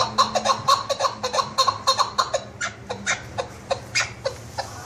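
Partridge calls: a rapid, harsh series of clucking notes, several per second, with uneven spacing and a faint low hum underneath.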